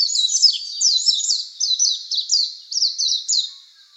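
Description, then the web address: Warbling white-eye song: a fast, high, twittering stream of slurred notes in short bursts, fading at the end. "birdenaga mejiro"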